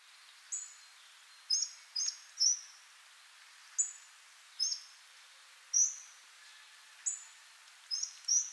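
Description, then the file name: Hawfinch calling with sharp, high metallic tick notes, singly and in quick pairs, at irregular intervals. "Hawfinch, Kernbeißer"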